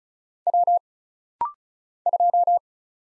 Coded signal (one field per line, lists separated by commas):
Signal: Morse code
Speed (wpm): 36 wpm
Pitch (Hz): 700 Hz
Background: none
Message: W 2